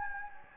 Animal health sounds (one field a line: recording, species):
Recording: mosquito wingbeat signal from an infrared sensor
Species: Anopheles gambiae